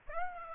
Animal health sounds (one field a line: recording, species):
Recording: mosquito wingbeat signal from an infrared sensor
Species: Aedes aegypti